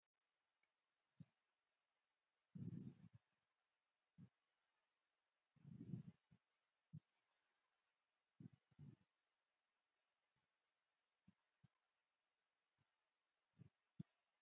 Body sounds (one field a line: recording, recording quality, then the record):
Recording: shallow breathing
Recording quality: excellent, no background noise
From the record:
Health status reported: COVID-19 positive, moderate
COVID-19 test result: positive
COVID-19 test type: RT-PCR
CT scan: not taken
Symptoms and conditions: cough, sore throat, fever, muscle pain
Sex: female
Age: 30 years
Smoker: no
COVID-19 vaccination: both doses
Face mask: worn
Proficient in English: yes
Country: India